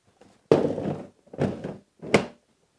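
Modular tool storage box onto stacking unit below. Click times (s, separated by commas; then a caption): 0.5 s. A hard plastic modular tool storage box is set down onto the stacking unit below and latched, landing with a heavy plastic thunk at 0.5 s that rattles on until about 1.1 s. A second, softer clatter follows from 1.3 to 1.8 s, then a sharp knock at 2.1 s. The box is locked into place on the stack.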